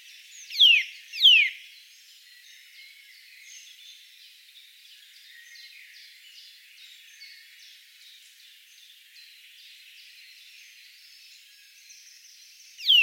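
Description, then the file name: Eurasian nuthatch calls: two sharp, steeply falling notes in quick succession, then a long quieter gap before one more falling note at the end. "Sitta europaea"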